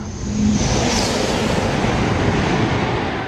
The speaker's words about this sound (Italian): Il Maglev è quel treno che corre su un cuscinetto magnetico. E tra l'altro mi pare il caso di farvelo sentire un attimo. Ecco, è passato un treno, normalmente ci impiega qualche secondo, invece qui ci mette pochissimo, risentiamo.